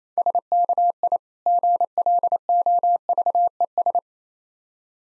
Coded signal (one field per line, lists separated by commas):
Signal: Morse code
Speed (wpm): 27 wpm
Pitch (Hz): 700 Hz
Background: none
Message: SKI GLOVES